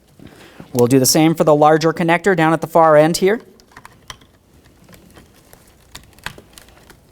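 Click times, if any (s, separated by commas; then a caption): 6.3 s. Someone talks, then a larger plastic wiring harness connector is pushed into the back of the master power window switch of a 2003-2007 Honda Accord, with faint ticks and handling sounds along the way. A sharp click at 6.3 s marks the connector seating firmly.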